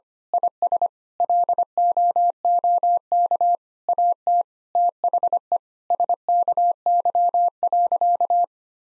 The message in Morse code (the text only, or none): IS LOOK AT THE SKY.